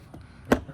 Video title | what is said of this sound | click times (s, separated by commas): How to Install Toyota 4Runner Halo Fog Lights (4th Gen LED Upgrade) | Now you're going to hear a snap right here. | 0.5 s